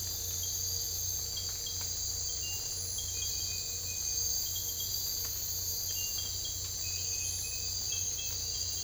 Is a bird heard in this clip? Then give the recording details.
no. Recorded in secondary vegetation near Puerto Asís, Putumayo, Colombia, on 22 December 2024 at 03:00. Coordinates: 0.484, -76.319. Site GP06